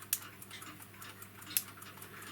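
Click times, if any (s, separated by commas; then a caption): 0.1 s, 1.6 s. A vintage Tri-ang Super 4 plastic model railway point's operating lever, fitted with a home-made replacement wire spring, is moved and snaps back into its set position under the spring's power. Sharp clicks are heard at 0.1 s and 1.6 s, with a fainter tick at 0.4 s, and the lever seats as intended.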